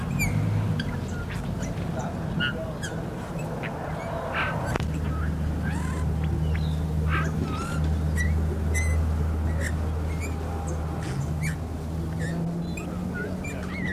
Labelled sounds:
Eurasian Bullfinch (Pyrrhula pyrrhula)
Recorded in the wild
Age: adult
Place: Untertweng, AT
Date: 1971-02-21
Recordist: Brunner, Thomas

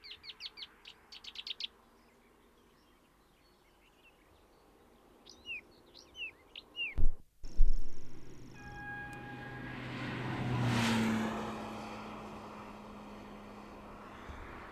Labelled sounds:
Marsh Warbler (Acrocephalus palustris) song
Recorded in the wild
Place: Sötern, Saarland, DE
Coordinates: 49.5947, 7.065
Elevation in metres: 419
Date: 1973-06-15
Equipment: Nagra IV, Sennheiser MKH 405, Parabolreflektor
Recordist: Tretzel, Erwin

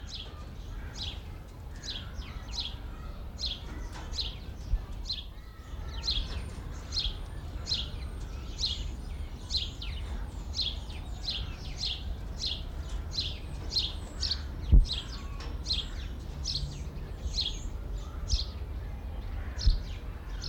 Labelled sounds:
House Sparrow (Passer domesticus) call
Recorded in the wild
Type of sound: call, call sequence
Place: Zoo Berlin, Berlin, DE
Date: 1995-03-11 10:45
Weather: sonnig, 0 - 5 °C
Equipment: Sony WM-D6C, Sennheiser ME 80, Kopie Uher Variocord 263
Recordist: Tembrock, Günter
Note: Freifliegend: Ruffolgen ("Schilpen")

